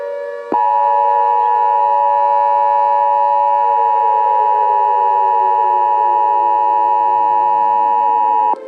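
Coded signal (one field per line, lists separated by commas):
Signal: Emergency Alert System (SAME) tones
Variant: 853 and 960 Hz attention tone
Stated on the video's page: Fictional EAS scenario.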